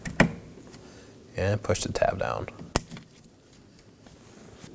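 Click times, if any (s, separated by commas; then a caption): 0.2 s. A plastic wiring connector is slid onto the front power window motor of a 2018-2024 Chevrolet Equinox and clicks into place at 0.2 s, leaving it seated. Someone then talks, and another sharp click sounds at about 2.8 s.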